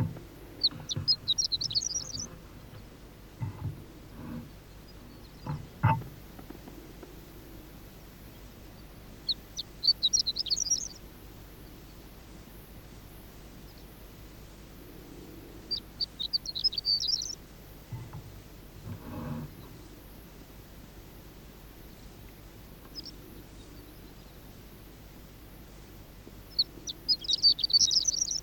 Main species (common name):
Horned Lark